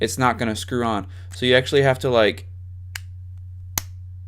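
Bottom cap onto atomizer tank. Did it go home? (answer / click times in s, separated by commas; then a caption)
yes / 3.0 s, 3.8 s. Someone talks while the bottom cap of a vape tank (rebuildable atomizer) is pushed or turned until it drops into position so its threads meet the tank threads, before it is screwed on. Two sharp clicks are heard at 3.0 s and 3.8 s as the cap seats into place.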